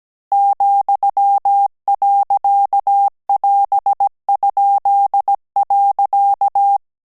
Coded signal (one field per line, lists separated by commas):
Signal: Morse code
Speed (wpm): 17 wpm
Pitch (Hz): 800 Hz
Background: none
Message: ,.<AS>?.